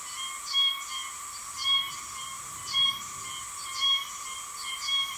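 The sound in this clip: Oshima cicada calling with a steady high ringing drone, overlaid by hissy pulsing bursts that recur about once a second.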